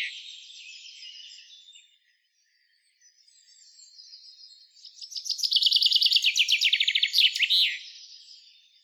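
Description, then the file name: Common chaffinch song: soft high twittering at first, then after a pause more soft notes leading into a loud, rattling run of repeated notes that ends in a quick flourish. "Fringilla coelebs"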